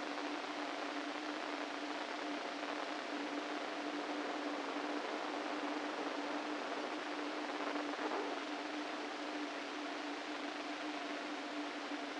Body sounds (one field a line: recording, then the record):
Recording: brain microelectrode recording played as sound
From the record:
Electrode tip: inside the subthalamic nucleus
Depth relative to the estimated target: 0 mm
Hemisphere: right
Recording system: NeuroSet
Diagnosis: Parkinson's disease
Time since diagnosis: 13 years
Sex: male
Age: 49 years